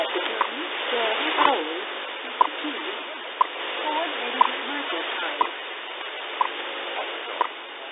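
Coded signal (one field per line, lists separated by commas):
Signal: radio time signal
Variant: WWV/WWVH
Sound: seven sharp ticks, one per second, through hissy shortwave noise with faint mumbling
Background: radio static, faint voices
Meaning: Each tick marks one second of time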